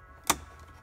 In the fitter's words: There, I heard a click.